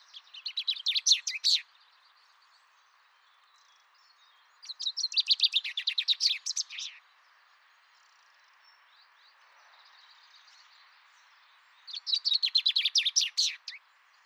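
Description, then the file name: Common chaffinch song: three bright, rattling phrases separated by quiet pauses of several seconds. "Fringilla coelebs"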